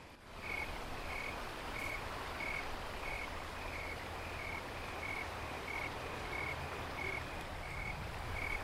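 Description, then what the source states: Snowy tree cricket chirping, evenly spaced high pulses about every two-thirds of a second, steady throughout over a broad hiss and low hum. Wild snowy tree crickets near Boulder, Colorado, in September; second timed count of chirps to estimate temperature, 31 chirps giving about 71°F.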